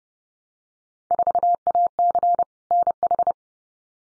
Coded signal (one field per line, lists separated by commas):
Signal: Morse code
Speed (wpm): 30 wpm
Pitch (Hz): 700 Hz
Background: none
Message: 4AC NH